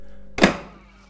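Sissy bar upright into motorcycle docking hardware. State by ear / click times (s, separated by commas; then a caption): seated / 0.4 s. A one-piece metal Harley-Davidson Holdfast sissy bar upright is dropped onto the motorcycle's Holdfast docking points, and its latches lock with a single sharp, broadband thunk at 0.4 s over a steady low hum. The thunk rings out and fades over the next half second, and the upright is snapped into place and seated.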